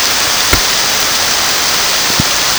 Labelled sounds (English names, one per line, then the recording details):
none
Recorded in secondary vegetation near Puerto Asís, Putumayo, Colombia, on 9 March 2025 at 11:30
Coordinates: 0.481, -76.318
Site G097